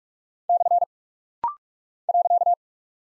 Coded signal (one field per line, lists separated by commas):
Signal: Morse code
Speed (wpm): 45 wpm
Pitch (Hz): 700 Hz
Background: none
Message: / .